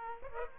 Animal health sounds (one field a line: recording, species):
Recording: mosquito wingbeat signal from an infrared sensor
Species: Aedes aegypti